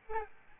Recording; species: mosquito wingbeat signal from an infrared sensor; Aedes albopictus